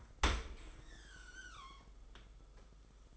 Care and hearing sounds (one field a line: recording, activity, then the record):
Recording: daily activity, microphone in the room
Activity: open dishwasher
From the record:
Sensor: 5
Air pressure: 991.5 hPa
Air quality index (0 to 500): 118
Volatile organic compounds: 38 ppm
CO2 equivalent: 3121 ppm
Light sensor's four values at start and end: 40/125/47/51 and 40/126/48/51